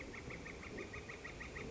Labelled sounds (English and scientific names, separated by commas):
Northern Flicker (Colaptes auratus)